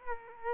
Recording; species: mosquito wingbeat signal from an infrared sensor; Culex quinquefasciatus